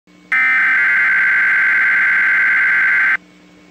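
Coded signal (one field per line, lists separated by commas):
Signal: Emergency Alert System (SAME) tones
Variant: header bursts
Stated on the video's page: NOAA weather radio tornado watch received from the Green Bay station.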